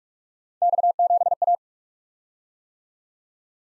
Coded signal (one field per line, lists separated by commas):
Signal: Morse code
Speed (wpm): 46 wpm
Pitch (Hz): 700 Hz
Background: none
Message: X7A